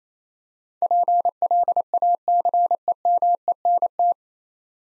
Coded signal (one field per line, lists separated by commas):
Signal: Morse code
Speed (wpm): 29 wpm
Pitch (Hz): 700 Hz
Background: none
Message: PLACEMENT